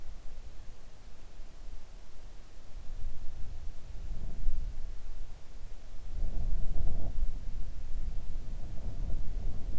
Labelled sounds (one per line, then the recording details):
wind
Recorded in the Arctic National Wildlife Refuge, Alaska, on 3 August 2019 at 05:18
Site 41